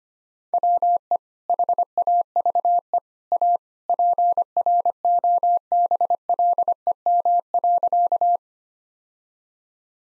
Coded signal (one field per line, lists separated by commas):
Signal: Morse code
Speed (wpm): 25 wpm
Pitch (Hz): 700 Hz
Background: none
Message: WE HAVE A PROBLEM.